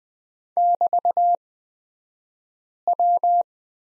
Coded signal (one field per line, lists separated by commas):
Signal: Morse code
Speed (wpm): 20 wpm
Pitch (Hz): 700 Hz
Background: none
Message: <BT>W